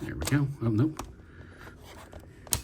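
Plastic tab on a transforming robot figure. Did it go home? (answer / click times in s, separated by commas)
yes / 2.5 s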